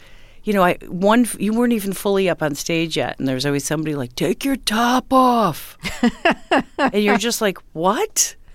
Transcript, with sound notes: you know, you weren't even fully up on stage yet. And there's always somebody like, take your top off.
(Laughter).
And you're just like, what?